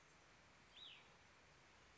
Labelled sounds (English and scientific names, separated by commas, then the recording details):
Hutton's Vireo (Vireo huttoni)
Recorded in Sonoma County, California